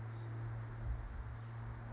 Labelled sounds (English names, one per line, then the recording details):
California Towhee
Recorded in Sonoma County, California